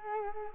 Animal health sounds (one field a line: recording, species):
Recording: mosquito wingbeat signal from an infrared sensor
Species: Culex quinquefasciatus